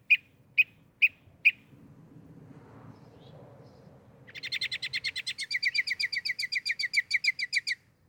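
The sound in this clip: Northern mockingbird singing: four sharp, evenly spaced chips, a pause, then a rapid, rich trill of repeated buzzy notes lasting several seconds.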